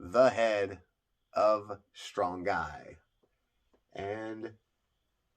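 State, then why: Not seated. Someone talks while handling the plastic head of a build-a-figure action figure, about to press it onto the torso ball joint. Only speech is heard, with pauses between phrases. Nothing has seated or clicked yet.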